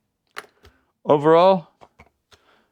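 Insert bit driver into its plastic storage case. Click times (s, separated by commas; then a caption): 0.4 s. A bit driver from a Husky Insert Nano Bit Set is tilted onto one side and pushed into its molded plastic slot in the bit-set case, because it will not go in flat. It seats with a short, sharp plastic snap at 0.4 s, followed by a few smaller handling ticks. Someone briefly talks in the middle of the clip.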